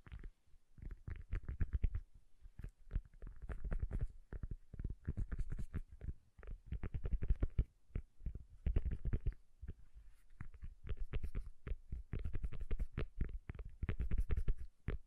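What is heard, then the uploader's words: Soft, bassy tapping runs through the whole stretch, coming in quick irregular clusters of dull thumps with short pauses between bursts. Each tap is low and muffled with a faint brighter click on top, and the pace stays busy and uneven throughout. ASMR Bassy and Soft Tapping Sounds. No Talking.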